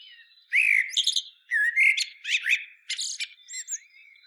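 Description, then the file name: Common blackbird singing a rich, mellow warble that breaks into scratchy, high-pitched twittering notes in quick succession. "Turdus merula"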